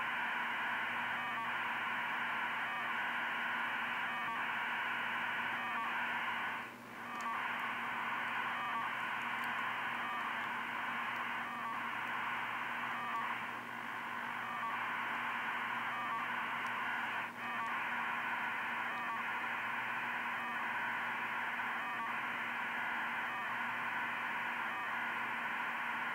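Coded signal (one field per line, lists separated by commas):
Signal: radiosonde or satellite telemetry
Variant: 2400 baud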